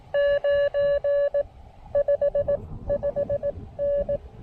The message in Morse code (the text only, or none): 9 55N